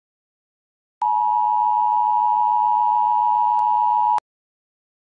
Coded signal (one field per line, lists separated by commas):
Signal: Emergency Alert System (SAME) tones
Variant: 853 and 960 Hz attention tone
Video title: EAS Mock Philippines Edition - Test